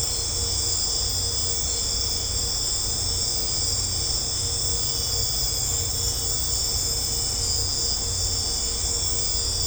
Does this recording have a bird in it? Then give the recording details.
no. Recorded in secondary vegetation near Puerto Asís, Putumayo, Colombia, on 18 December 2024 at 22:00. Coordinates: 0.502, -76.326. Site G028